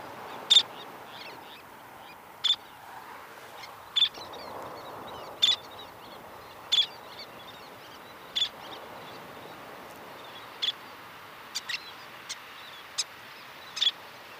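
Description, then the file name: Least tern giving brief sharp high calls at irregular intervals over a soft continuous background hiss. "Golosa ptic - Karlikovaya krachka Sternula antillarum"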